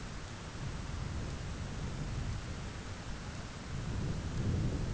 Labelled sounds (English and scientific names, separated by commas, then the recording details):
none
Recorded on Arctic tundra, site ZACK-1, on 11 June 2019
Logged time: 11:49